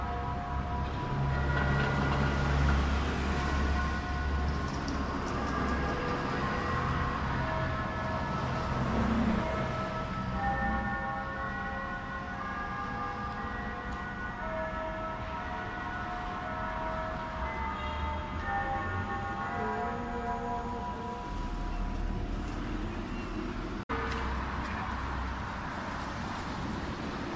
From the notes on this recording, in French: la cloche du Bund sonne pour annoncer l'arrivée du soir